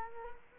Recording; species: mosquito wingbeat signal from an infrared sensor; Culex quinquefasciatus